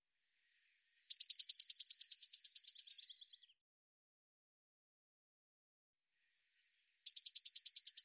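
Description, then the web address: Eurasian blue tit song given twice: each phrase starts with two piercing high thin notes, then a quick trill, the first about two seconds long. "cianscape birddata Deverinetal 2025 File cleaned normalized Bird Cy Ca"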